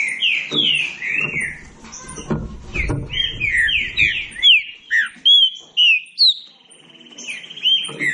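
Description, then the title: Green-winged saltator song: rich whistled phrases sliding down, delivered rapidly, then a run of separate loud whistled notes, with low thumping noises under the first half. Classic song style (canto clássico). "Canto Clássico Trinca Ferro TREINAMENTO"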